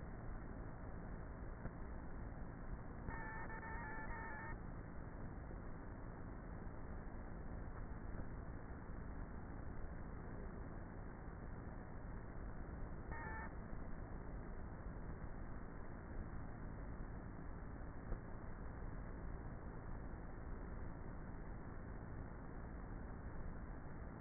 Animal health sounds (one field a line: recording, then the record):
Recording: honeybee colony, microphone inside the hive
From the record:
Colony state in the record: queenless with a low population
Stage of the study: before two queens were removed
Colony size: about 30,000 bees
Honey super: no